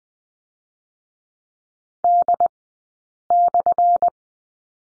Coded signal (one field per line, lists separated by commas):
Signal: Morse code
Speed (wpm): 20 wpm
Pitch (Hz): 700 Hz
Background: none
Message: D/